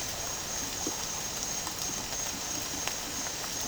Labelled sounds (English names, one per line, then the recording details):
none
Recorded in dense forest near Puerto Asís, Putumayo, Colombia, on 12 March 2025 at 08:00
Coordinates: 0.467, -76.328
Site G041